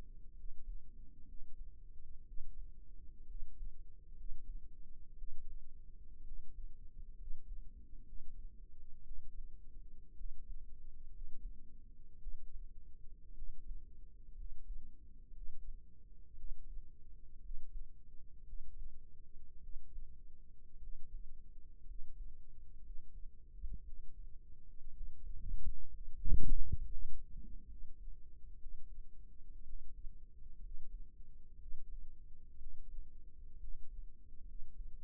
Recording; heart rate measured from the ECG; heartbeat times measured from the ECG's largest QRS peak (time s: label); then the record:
heart sounds by microphone in the right ear; 60 bpm
0.35 s: heartbeat
1.26 s: heartbeat
2.24 s: heartbeat
3.26 s: heartbeat
4.15 s: heartbeat
5.15 s: heartbeat
6.23 s: heartbeat
7.16 s: heartbeat
8.04 s: heartbeat
9.03 s: heartbeat
10.15 s: heartbeat
11.10 s: heartbeat
12.18 s: heartbeat
13.33 s: heartbeat
14.35 s: heartbeat
15.32 s: heartbeat
16.35 s: heartbeat
17.40 s: heartbeat
18.44 s: heartbeat
19.60 s: heartbeat
20.78 s: heartbeat
21.85 s: heartbeat
22.82 s: heartbeat
23.83 s: heartbeat
24.92 s: heartbeat
25.88 s: heartbeat
26.79 s: heartbeat
27.66 s: heartbeat
28.57 s: heartbeat
29.64 s: heartbeat
30.60 s: heartbeat
31.57 s: heartbeat
32.57 s: heartbeat
33.58 s: heartbeat
34.45 s: heartbeat
From the record:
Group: healthy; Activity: rest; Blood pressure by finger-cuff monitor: 87/58 mmHg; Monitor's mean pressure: 69 mmHg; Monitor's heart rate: 59 bpm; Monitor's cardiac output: 5.1 L/min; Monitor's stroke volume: 88 mL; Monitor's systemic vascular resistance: 980 dyn s/cm5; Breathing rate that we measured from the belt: 17 breaths a minute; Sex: male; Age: 22 years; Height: 181 cm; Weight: 79 kg